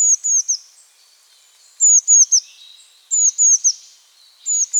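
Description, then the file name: Eurasian blue tit, high sharp falling notes delivered in bursts of three, repeated at a steady pace. "Cyanistes caeruleus"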